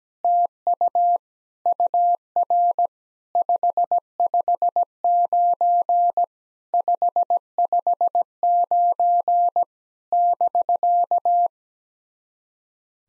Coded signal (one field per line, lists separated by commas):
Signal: Morse code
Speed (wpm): 17 wpm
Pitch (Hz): 700 Hz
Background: none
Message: TU UR 559 559 <BK>